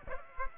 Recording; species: mosquito wingbeat signal from an infrared sensor; Aedes aegypti